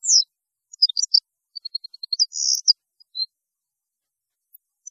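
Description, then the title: European goldfinch song, a short burst of high twittering notes followed by a string of evenly spaced ticks and a buzzy trill. "Chant Chardonneret"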